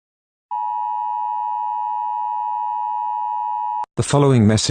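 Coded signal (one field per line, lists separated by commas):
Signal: Emergency Alert System (SAME) tones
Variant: 853 and 960 Hz attention tone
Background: speech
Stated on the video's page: Simulated UK emergency alert scenario about a wolf attack, made with a text-to-speech app.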